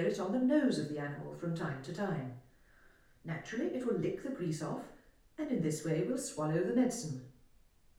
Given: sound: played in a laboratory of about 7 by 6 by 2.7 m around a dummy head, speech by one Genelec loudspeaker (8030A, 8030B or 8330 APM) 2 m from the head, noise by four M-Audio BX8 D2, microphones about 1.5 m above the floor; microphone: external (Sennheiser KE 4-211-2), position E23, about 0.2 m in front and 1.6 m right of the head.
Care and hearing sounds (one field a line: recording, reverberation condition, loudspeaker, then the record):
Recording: female speech in English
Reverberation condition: medium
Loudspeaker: 60 degrees to the left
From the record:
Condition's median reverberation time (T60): about 510 ms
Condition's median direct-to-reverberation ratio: about -0.5 dB